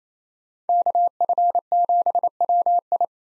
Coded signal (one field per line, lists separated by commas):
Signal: Morse code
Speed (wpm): 28 wpm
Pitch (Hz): 700 Hz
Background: none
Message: KF7WI